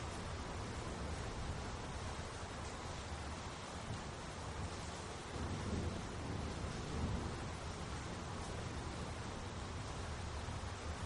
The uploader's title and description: Rainfall and Soft Thunder. The gentle patter of rainfall and the soft rumble of distant thunder